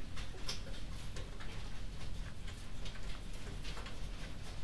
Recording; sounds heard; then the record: poultry house recording; no chicken sound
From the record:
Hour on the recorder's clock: 22